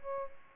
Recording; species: mosquito wingbeat signal from an infrared sensor; Aedes aegypti